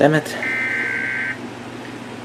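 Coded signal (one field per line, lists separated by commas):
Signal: Emergency Alert System (SAME) tones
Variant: header bursts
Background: speech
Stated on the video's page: Fictional Emergency Alert scenario for a tornado.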